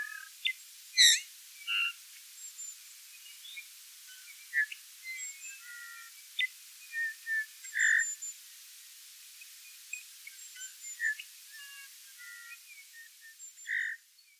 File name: Pyrrhula pyrrhula